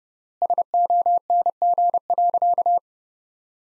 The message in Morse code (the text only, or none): SONG.